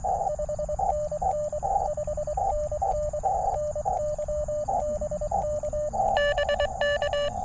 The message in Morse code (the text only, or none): 5NN 5NN NYBK BK